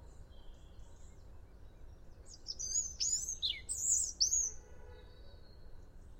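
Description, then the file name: European robin song, a short flurry of high, sweet, jumbled notes in the middle, with soft rustling background noise before and after. "Erithacus rubecula"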